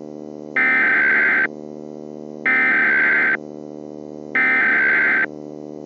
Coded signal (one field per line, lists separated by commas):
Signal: Emergency Alert System (SAME) tones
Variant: header bursts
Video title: The Uprising Pt. 2 (EAS Scenario)